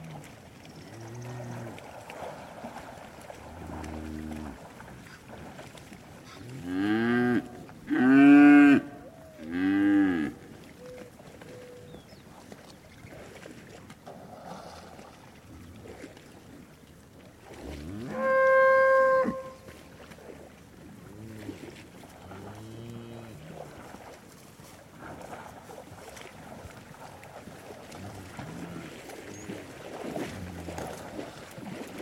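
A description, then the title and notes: Cows low back and forth over a low rumbling background. A cluster of loud, drawn-out moos comes between about seven and ten seconds, then a long higher-pitched bellow near nineteen seconds, with quieter grunting calls scattered around them. Eco-Moo-tion: The Ecological Soundscape of Cow Conversations.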